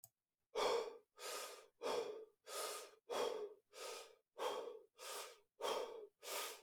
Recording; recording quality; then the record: shallow breathing; excellent, no background noise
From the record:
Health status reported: exposed to COVID-19, no respiratory illness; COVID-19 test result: not tested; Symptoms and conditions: none ticked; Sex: male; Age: 26 years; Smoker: not ticked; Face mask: not worn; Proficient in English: yes